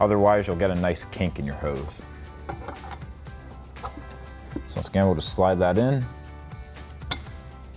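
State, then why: Seated. On a 2021-and-newer 5.0-liter F-150, a crankcase vent hose's quick-connect fitting is slid onto the fitting on a K&N Series 77 High Flow Performance cold air intake tube and pressed down until it clicks. Someone talks over background music, then a single sharp, loud click at 7.1 seconds shows the fitting has seated.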